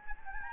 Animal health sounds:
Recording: mosquito wingbeat signal from an infrared sensor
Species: Anopheles gambiae

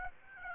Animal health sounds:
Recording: mosquito wingbeat signal from an infrared sensor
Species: Aedes aegypti

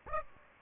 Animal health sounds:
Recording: mosquito wingbeat signal from an infrared sensor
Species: Aedes aegypti

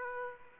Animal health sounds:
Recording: mosquito wingbeat signal from an infrared sensor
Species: Aedes aegypti

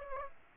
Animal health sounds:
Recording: mosquito wingbeat signal from an infrared sensor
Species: Aedes aegypti

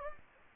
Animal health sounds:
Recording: mosquito wingbeat signal from an infrared sensor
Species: Anopheles gambiae

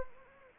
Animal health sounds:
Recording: mosquito wingbeat signal from an infrared sensor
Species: Anopheles arabiensis

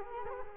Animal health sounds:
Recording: mosquito wingbeat signal from an infrared sensor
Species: Culex quinquefasciatus

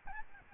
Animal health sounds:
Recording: mosquito wingbeat signal from an infrared sensor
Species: Aedes albopictus

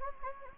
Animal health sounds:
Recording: mosquito wingbeat signal from an infrared sensor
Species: Anopheles gambiae

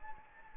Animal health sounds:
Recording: mosquito wingbeat signal from an infrared sensor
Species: Anopheles gambiae

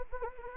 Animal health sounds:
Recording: mosquito wingbeat signal from an infrared sensor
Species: Anopheles gambiae

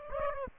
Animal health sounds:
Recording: mosquito wingbeat signal from an infrared sensor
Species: Aedes aegypti

